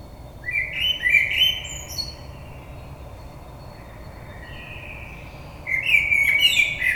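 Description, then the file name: Common blackbird song, with short fluty phrases and high chittering notes, a quiet gap, then a further warbled phrase with thin squeaks, over steady background noise. Recorded on 22 May 2022. "Merle 2022 05 22"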